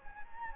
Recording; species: mosquito wingbeat signal from an infrared sensor; Anopheles gambiae